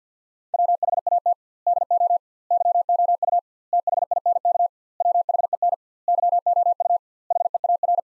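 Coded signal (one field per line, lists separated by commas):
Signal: Morse code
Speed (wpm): 50 wpm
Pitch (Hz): 700 Hz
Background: none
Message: WHAT DO YOU THINK WHEN YOU HEAR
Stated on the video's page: Head-copy drill of sentences built from the top 300 words, at 50 wpm with 2x word spacing, similar to Farnsworth.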